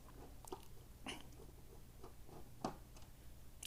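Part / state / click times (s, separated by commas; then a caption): rear cover screw in a TV's plastic back panel / released / 2.6 s. A screwdriver backs a screw out of the plastic rear cover of a Vizio M50-C1 TV. A few faint taps and scrapes lead up to a sharp click at 2.6 s as the screw comes free of its thread, and the screw is released.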